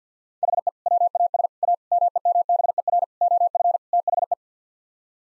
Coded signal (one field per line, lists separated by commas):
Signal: Morse code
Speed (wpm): 50 wpm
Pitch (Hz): 700 Hz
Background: none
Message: HE WAS A MEMBER OF THE